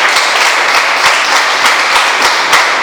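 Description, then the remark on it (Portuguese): An audience applauds together in worship of Jesus, a dense, steady wash of many hands clapping with a few sharper claps standing out, loud and continuous throughout with no voices above it. “Aplauda Jesus, adoração a Ele.”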